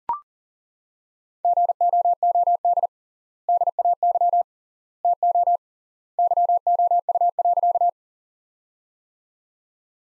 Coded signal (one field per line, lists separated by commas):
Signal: Morse code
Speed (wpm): 40 wpm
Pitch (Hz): 700 Hz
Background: none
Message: GOOD DAY TO YOU.